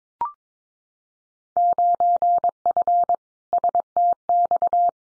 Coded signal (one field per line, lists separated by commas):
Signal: Morse code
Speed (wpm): 22 wpm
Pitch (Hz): 700 Hz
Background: none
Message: 9F STX